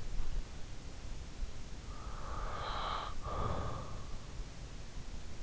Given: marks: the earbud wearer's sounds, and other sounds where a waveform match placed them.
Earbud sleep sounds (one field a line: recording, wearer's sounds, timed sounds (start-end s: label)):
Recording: sounds in sleep by an in-ear microphone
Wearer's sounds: breath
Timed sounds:
1.68-4.36 s: breath